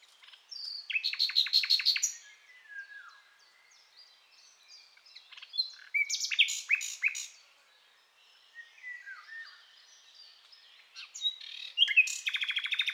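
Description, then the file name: Common nightingale song: three loud phrases of rapid repeated notes mixed with high whistles and twittering, separated by quieter stretches. "Luscinia megarhynchos"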